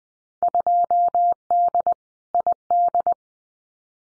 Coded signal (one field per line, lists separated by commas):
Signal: Morse code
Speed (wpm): 20 wpm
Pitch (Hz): 700 Hz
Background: none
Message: 2D ID